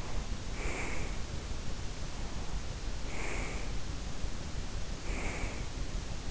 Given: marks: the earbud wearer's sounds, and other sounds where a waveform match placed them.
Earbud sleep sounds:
sounds in sleep by an in-ear microphone; breath
0.02-1.27 s: breath
2.06-3.83 s: breath
4.87-6.01 s: breath

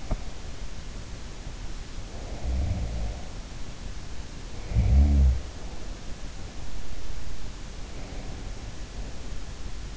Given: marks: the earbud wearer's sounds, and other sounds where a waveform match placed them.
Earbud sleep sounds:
sounds in sleep by an in-ear microphone; teeth grinding
0.00-0.42 s: teeth grinding
2.18-3.51 s: sound from someone else or the room
4.64-5.55 s: sound from someone else or the room
7.49-9.46 s: sound from someone else or the room

